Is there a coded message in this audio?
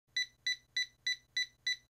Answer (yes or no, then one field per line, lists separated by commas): no